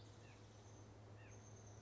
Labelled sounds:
White-breasted Nuthatch
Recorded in Sonoma County, California

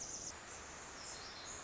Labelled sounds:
Pacific Wren
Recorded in Sonoma County, California

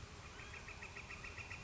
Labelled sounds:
Northern Flicker
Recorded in Sonoma County, California

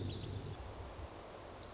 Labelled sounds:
Lazuli Bunting
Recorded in Sonoma County, California

